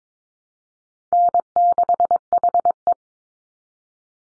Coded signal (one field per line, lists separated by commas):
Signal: Morse code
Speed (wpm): 22 wpm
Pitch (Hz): 700 Hz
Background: none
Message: N6HE